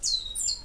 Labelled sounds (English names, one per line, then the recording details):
Stitchbird song
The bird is a male
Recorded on Tiritiri Matangi Island, New Zealand, in 2005
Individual 14, of nest box 20